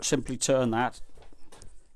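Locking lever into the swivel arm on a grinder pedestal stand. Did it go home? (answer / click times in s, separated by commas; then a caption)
yes / 1.6 s. Someone talks, then turns a locking lever at the back of a metal swivel arm for a bench grinder, mounted on a pedestal stand. The lever slots into place with a short metallic knock at 1.6 seconds, leaving only a tiny bit of movement.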